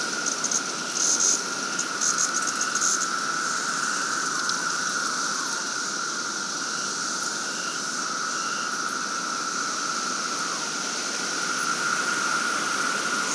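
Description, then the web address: Cicadas in a dense chorus, a steady droning whine holding one pitch throughout, with a hissing wash of higher buzzing and faint pulsing swells near the start. Cicadas at Hickory Ridge Pond during the 2024 emergence. "The Psychologically Ultimate 220 Year Cicada Bloom. Hickory Ridge Pond Cicadas"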